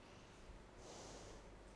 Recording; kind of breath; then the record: one breath in and out by a microphone near the nose and mouth; normal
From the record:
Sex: female